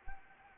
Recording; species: mosquito wingbeat signal from an infrared sensor; Anopheles gambiae